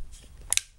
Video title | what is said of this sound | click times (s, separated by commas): Triple Layer Punches | it locks in place and it's a little different than your traditional punch as | 0.5 s, 0.6 s